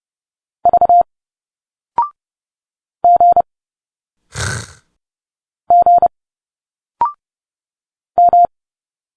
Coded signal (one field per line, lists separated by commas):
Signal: Morse code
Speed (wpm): 30 wpm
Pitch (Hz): 700 Hz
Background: none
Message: V G G M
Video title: Morse code 30 wpm - Letters A to Z - Direct sound conversion